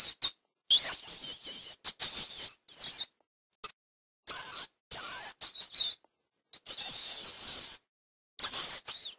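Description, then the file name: Rat giving high, thin squeaks in irregular clusters, some notes sliding up and down, broken by short pauses throughout. "patkány"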